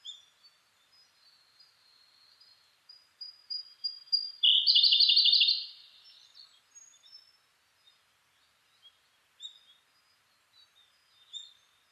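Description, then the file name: Siberian blue robin song: soft high notes, then a loud, even, rapid trill lasting about one and a half seconds, with sparse faint chips afterward. Recorded 2 June 2010 at 08:36. "koruri-20100602-0836"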